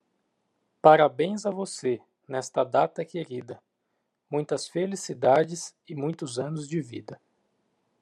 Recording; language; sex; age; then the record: short text; Brazilian Portuguese; male; 30 to 39 years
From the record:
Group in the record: control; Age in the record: 37 years